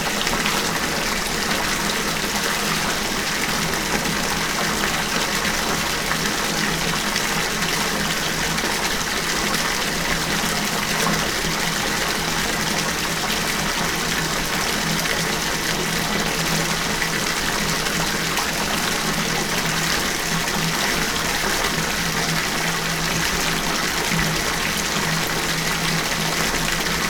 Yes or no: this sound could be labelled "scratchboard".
no